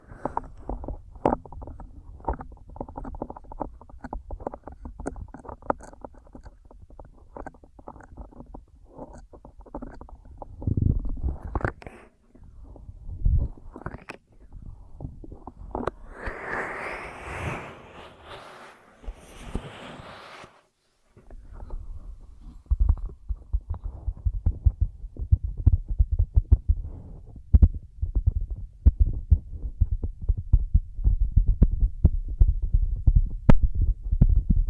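Ear massage and cleaning sounds: low, muffled thumps and rubbing repeat in quick, uneven bursts through most of the clip. Around sixteen to twenty seconds a brighter, hissing scrape takes over, then a brief quiet before the dense low rubbing returns, growing louder toward the end.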